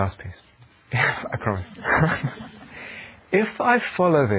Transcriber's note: laughter